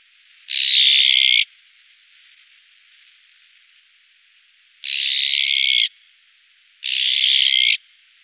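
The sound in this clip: Azure-winged magpie calling with grating, raspy notes of about a second each: one, a pause, then two more in quick succession.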